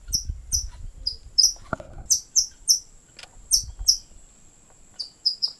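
White-throated kingbird uttering sharp, high chip notes, singly and in quick pairs, at irregular intervals.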